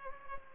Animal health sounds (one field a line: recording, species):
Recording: mosquito wingbeat signal from an infrared sensor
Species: Culex pipiens